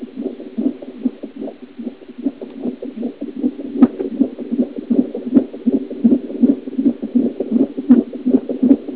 Heartbeat.